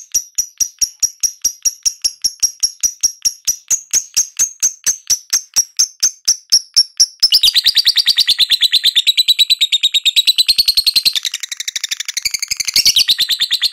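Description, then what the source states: Lovebird in a long trill, first evenly spaced clear notes, then after seven seconds a denser, harsher, buzzing chatter that keeps going. Lovebird singing in the ngekek style, a long chattering trill, described as auto gacor.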